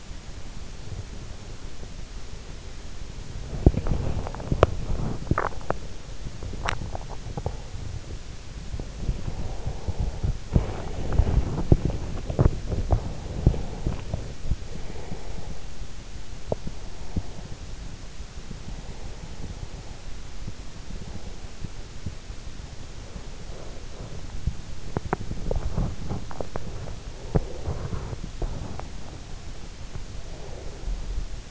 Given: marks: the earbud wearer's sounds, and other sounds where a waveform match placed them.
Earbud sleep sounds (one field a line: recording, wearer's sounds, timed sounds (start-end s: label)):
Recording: sounds in sleep by an in-ear microphone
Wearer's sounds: breath, body movement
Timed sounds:
0.68-3.35 s: breath
3.35-30.48 s: body movement
8.98-12.02 s: breath
12.76-15.99 s: breath
16.43-20.43 s: breath
20.73-24.51 s: breath
26.25-28.25 s: breath
28.48-31.51 s: breath